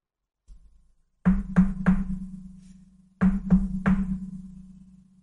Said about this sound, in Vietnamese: Đúng lúc cả nhà đang chuẩn bị rời đi, thì tiếng gõ cửa phòng đột ngột vang lên.